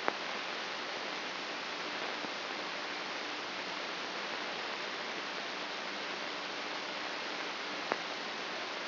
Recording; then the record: brain microelectrode recording played as sound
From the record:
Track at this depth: inside the subthalamic nucleus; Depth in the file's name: 5.629 mm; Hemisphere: left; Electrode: 2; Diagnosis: Parkinson's disease